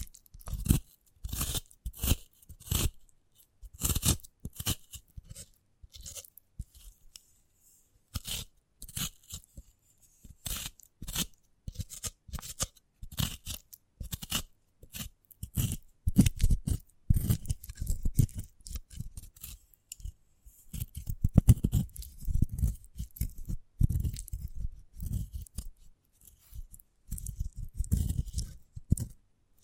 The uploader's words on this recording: ASMR of a Sprouted Coconut (No Talking).